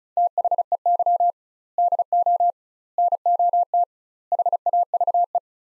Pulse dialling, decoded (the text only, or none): none